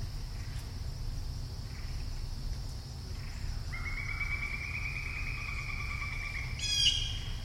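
Bird producing a long, thin, slightly rising whistled tone, ending in a short harsh buzzy squawk, against a constant high hiss and low background rumble.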